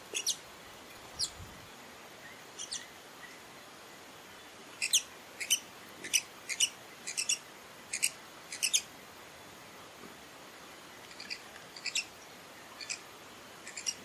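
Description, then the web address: Horned sungem giving thin, high chipping calls, single and in quick pairs, scattered irregularly throughout over a soft hiss. "Horned Sungem. صدای-پرنده-خورشیدنگین-شاخدار"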